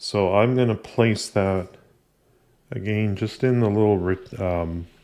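A 2 TB M.2 SSD is being placed into the M.2 socket on a Dell XPS 15 laptop motherboard while someone talks, with a short pause around 2 to 2.7 seconds. The drive is only handled here, and nothing has seated or clicked yet.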